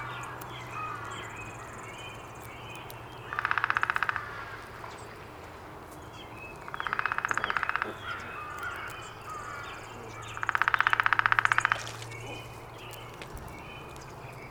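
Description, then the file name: Downy woodpecker drumming, three rolls of fast, even taps spaced several seconds apart, over a low steady hum and soft background birdsong. Recorded 19 April 2019. "2019-04-19 Downy Woodpecker"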